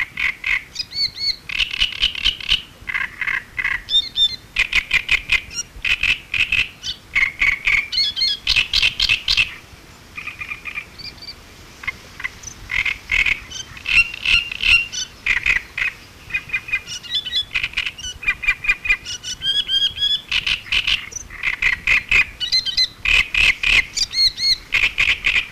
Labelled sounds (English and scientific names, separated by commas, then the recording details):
Great Reed Warbler (Acrocephalus arundinaceus) song
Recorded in the wild
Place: Illmitz, AT
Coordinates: 47.7544, 16.7631
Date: 1964-05-19 06:15
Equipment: Uher Report 4000, AKG D190
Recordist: Krey, Winfried
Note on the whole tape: Gesang